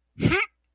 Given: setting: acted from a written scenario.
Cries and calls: vocal sound without words; contentment

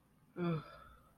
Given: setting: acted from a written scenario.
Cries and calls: vocal sound without words; sympathy

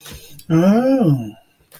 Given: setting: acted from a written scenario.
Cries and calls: vocal sound without words; desire

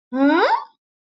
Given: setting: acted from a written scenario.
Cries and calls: vocal sound without words; negative surprise

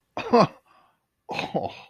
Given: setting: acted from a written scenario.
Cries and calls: vocal sound without words; positive surprise

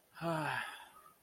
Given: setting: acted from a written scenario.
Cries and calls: vocal sound without words; guilt

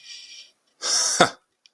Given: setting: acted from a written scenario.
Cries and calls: vocal sound without words; contempt

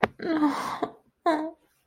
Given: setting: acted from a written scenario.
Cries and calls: vocal sound without words; shame

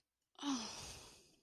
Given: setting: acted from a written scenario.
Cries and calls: vocal sound without words; disappointment

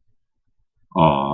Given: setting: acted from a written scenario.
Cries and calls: vocal sound without words; adoration

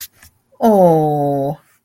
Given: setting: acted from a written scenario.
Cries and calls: vocal sound without words; sadness

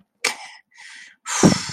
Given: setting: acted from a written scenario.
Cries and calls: vocal sound without words; pride

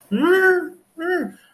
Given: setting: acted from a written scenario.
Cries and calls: vocal sound without words; pain

